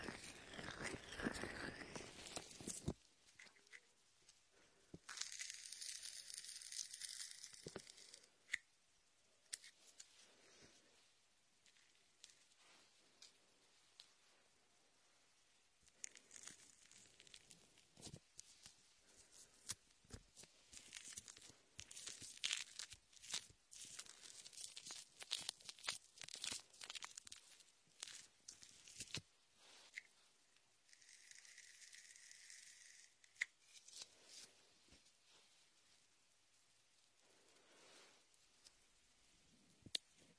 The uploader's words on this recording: Latex ear massage with shaving foam for comfort.